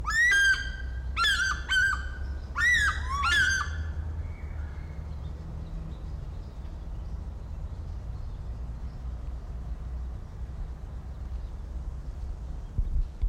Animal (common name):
African Fish-eagle